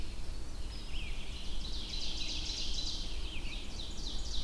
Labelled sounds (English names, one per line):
Ovenbird song